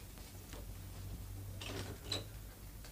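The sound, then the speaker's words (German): A door latch clicks and rattles, followed by a short creak as the door swings open, over a low steady hum with no voices. “Mach doch mal auf”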